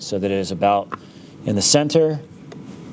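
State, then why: Not seated. Someone talks while a plastic Bullite center cap is lined up with its logo centered on a beadlock wheel, ready to be pressed into the hub bore. Nothing has clipped in or seated yet.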